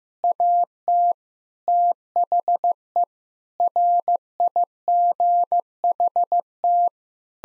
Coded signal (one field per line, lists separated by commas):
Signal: Morse code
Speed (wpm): 16 wpm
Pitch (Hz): 700 Hz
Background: none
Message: AT THE RIGHT